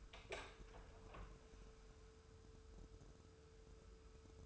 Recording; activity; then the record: daily activity, microphone in the room; open door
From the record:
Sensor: 2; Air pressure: 1015.0 hPa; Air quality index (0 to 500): 117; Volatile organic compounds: 3 ppm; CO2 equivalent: 1499 ppm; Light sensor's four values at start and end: 13/35/14/15 and 13/35/14/15